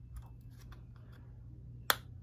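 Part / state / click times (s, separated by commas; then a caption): power cable plug into the back of an air quality monitor's wall-mount base / seated / 1.9 s. A power cable, routed through the cable tray on the back of the plastic wall-mount base of an Awair Omni indoor air quality monitor, has its plug pushed into the port. Faint handling ticks and rustles over a low steady hum lead to one loud, sharp click at 1.9 s as the connector seats.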